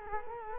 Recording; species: mosquito wingbeat signal from an infrared sensor; Culex quinquefasciatus